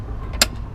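While unfolding a Momas E-Scooter 1.0 electric kick scooter single-handed, the folding lever is pressed and the stem is lifted until the metal folding latch at the base snaps into the deck hinge. A single sharp, bright click rings out at 0.4 s over a steady low background rumble. The latch is seated.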